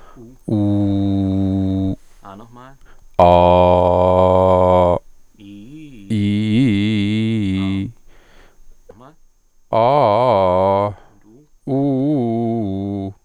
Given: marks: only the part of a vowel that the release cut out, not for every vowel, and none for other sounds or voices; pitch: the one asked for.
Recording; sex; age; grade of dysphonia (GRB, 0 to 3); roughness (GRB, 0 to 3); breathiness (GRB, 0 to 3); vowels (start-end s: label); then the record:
sustained vowels; male; 40 to 49 years; 1; 1; 0
0.57-1.86 s: vowel /u/, low pitch
3.36-4.90 s: vowel /a/, low pitch
6.15-7.40 s: vowel /i/, low-high-low pitch
9.76-10.70 s: vowel /a/, low-high-low pitch
11.71-12.90 s: vowel /u/, low-high-low pitch
From the record:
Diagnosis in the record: gastroesophageal reflux disease, contact pachydermia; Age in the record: 43 years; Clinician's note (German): Z.B. verlängerte Schlußphase, beginnende Kontaktpachydermie (Gastrooesophagealer Reflux)